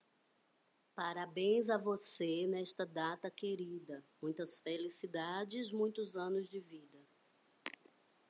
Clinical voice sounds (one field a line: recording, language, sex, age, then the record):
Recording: short text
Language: Brazilian Portuguese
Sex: female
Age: 40 to 49 years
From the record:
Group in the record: control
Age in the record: 49 years